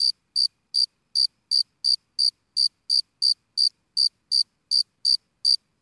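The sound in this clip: Cricket calling in a steady series of brief, shrill chirps, about sixteen in under six seconds, evenly spaced with silence between them.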